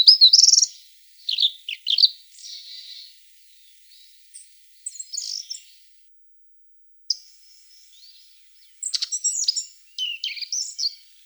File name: Muholovka shirokokljuvaja